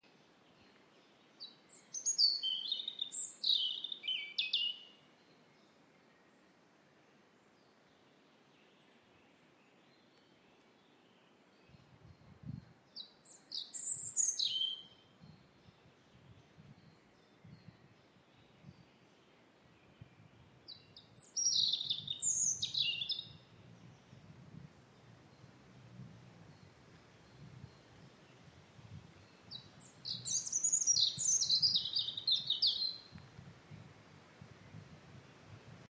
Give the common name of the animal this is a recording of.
European Robin